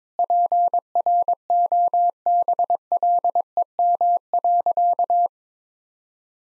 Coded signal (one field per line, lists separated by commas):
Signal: Morse code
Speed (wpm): 22 wpm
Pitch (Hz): 700 Hz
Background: none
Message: PROBLEM.